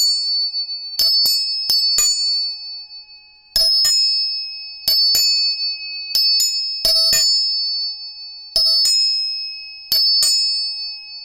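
Three tuning forks are struck again and again, each tap a sharp metallic click that leaves pure, steady tones ringing on. A high tone, a middle tone and a lower one hang throughout, slowly fading between strikes that come in uneven clusters every second or two.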